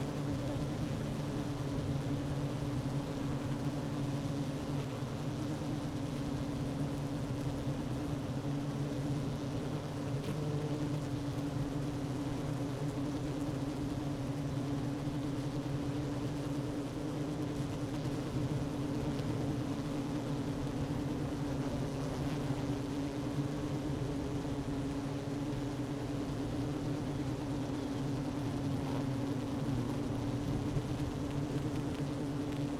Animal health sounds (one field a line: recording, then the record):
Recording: honeybee colony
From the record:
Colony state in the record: active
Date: 12 June 2018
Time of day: 11:26